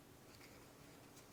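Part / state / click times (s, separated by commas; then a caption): cable connector into 3D printer slot / not seated / none. A keyed cable connector is handled at a slot on a 3D printer during setup, with a steady broadband hiss and faint low rustling throughout. Nothing has seated or clicked yet; the clip ends before the connector goes home.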